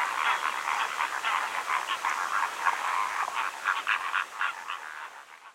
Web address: chant xeno-canto flamant rose